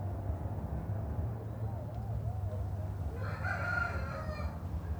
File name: Ambiente de cidade pequena mais longe galo e vozes